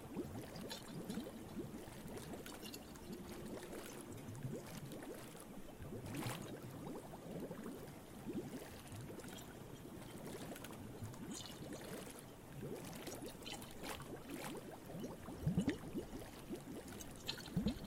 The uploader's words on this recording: FIsh Ocean ASMR.